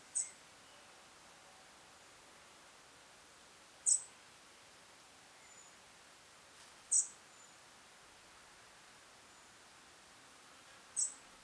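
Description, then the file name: European robin giving short, very high, thin call notes, four of them spaced about three to four seconds apart over a faint steady hiss. "Erithacus rubecula"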